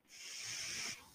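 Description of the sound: A home mechanical ventilator delivering a breath: a brief, airy hiss about one second long, concentrated in the high frequencies, rising and falling smoothly, heard in a pause between the user's spoken phrases.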